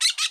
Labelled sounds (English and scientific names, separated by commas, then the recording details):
Brown-throated Parakeet (Eupsittula pertinax) contact call
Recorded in Bonaire
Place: 1 km N of power plant, rd to Republiek
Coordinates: 12.184, -68.285